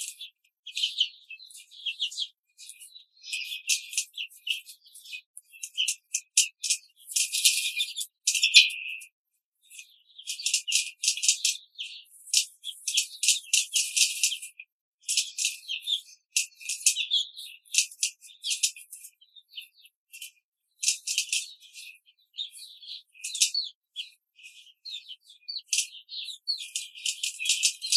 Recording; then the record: young laying hens in a cage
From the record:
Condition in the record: control cage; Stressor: none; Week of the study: 5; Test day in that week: 1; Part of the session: 3